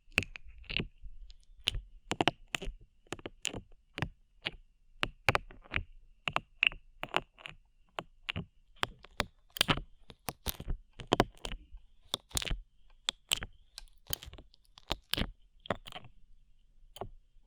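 Slime being handled, with sharp sticky clicks and pops coming in quick, irregular bursts throughout, crisp and bright over a quiet background.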